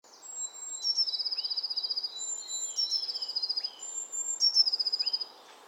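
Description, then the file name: Eurasian blue tit song: a very high thin whistle leading into a rapid, even trill, the phrase repeated three times in quick succession. "Cyanistes caeruleus"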